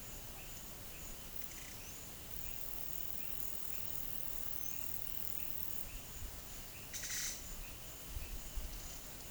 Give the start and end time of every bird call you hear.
6.89s-7.39s: bird call (0.9-11.9 kHz)

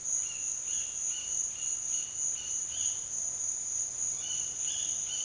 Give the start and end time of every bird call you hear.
0.09s-3.02s: bird call (1.3-5.8 kHz)
4.11s-5.25s: bird call (1.5-5.6 kHz)

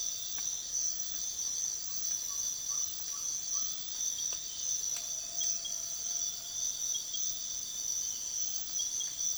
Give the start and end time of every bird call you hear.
1.55s-3.69s: bird call (0.7-1.9 kHz)

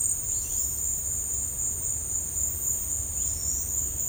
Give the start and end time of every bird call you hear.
0.28s-0.84s: bird call (1.9-6.1 kHz)
3.14s-3.40s: bird call (1.8-6.3 kHz)

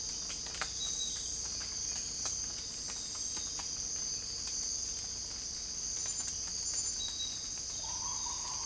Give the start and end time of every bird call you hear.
7.78s-8.66s: bird call (0.5-1.5 kHz)

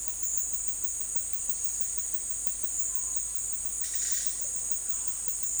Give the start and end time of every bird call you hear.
3.83s-4.30s: bird call (1.1-6.5 kHz)

